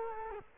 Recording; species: mosquito wingbeat signal from an infrared sensor; Culex quinquefasciatus